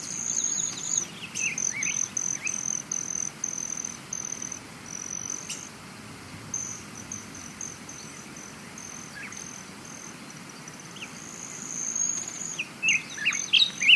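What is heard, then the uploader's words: A morning forest with a steady, high insect trill running almost without break across the whole stretch. Scattered bird chirps and short calls come through now and then, more of them toward the end, over a soft low rumble. Morning Forest.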